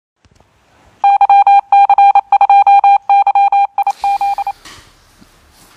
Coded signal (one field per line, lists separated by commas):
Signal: Morse code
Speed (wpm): 29 wpm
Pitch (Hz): 800 Hz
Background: none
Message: YC2YIZ